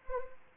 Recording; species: mosquito wingbeat signal from an infrared sensor; Anopheles arabiensis